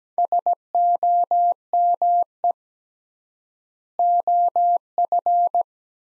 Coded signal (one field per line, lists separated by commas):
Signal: Morse code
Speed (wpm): 17 wpm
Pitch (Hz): 700 Hz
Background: none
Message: SOME OF